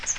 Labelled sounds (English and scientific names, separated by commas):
Magnolia Warbler (Setophaga magnolia) flight call